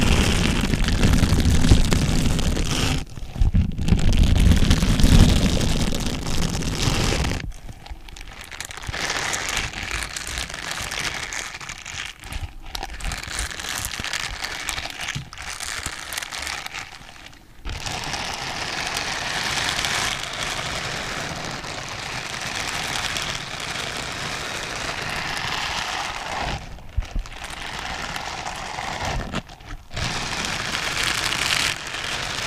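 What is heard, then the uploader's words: Scratchy scrubbing from scrubber gloves, a dense rough rasping that runs in long strokes with brief pauses near 3, 7.5, 12.5, 17.5, 27 and 29.5 seconds. The first seven seconds carry a heavier, deeper rumble; afterwards the scraping is thinner and hissier. SCRUBBER GLOVES. Kratzige Geräusche des Scrubbers.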